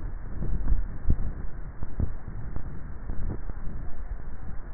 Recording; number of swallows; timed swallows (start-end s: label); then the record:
swallowing sounds by neck microphone; 1
0.52-1.36 s: swallow
From the record:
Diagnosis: dysphagia